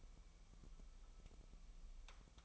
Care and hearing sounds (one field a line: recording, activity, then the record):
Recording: daily activity, microphone in the room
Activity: take from stove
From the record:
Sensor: 1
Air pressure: 1002.0 hPa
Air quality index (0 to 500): 247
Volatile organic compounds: 51 ppm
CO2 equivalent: 3315 ppm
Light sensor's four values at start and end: 6/13/5/6 and 6/13/5/6